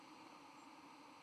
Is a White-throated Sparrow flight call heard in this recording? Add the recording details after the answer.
no. Another species' flight call is heard. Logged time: 08:53 on 31 October 2014